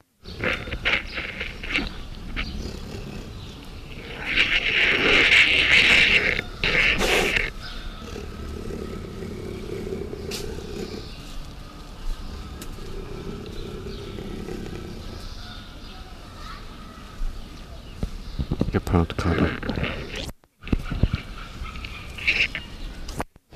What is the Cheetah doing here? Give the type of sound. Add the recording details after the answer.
call. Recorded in captivity. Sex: pair. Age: adult. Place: Zoo Leipzig, Sachsen, DE. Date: 1969-05-03 11:30. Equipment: Uher 4200 Report Stereo, Sennheiser MD 421, Verstärker 1, Doppelspuraufnahme. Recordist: Tembrock, Günter. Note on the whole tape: Männchen: nach Begegnung mit Weibchen, dann gegen Beobachter, später heller Laut vom Weibchen, als sich das Männchen ihr nähert. Abstand 2-8 m